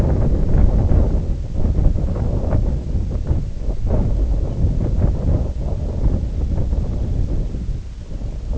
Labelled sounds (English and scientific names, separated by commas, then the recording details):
unidentified sound, Semipalmated Sandpiper (Calidris pusilla)
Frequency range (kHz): Semipalmated Sandpiper (Calidris pusilla) 2.6-4.5 kHz
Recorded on Arctic tundra, site IGLO-D, on 19 June 2018
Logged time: 18:00